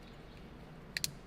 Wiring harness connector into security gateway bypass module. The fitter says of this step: make sure it's seated in and you hear it click